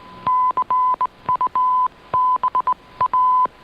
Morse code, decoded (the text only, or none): CUBA